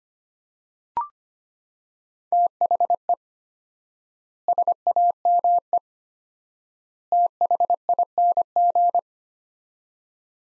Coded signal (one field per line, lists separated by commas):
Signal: Morse code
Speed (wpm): 25 wpm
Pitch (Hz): 700 Hz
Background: none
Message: THE SAME THING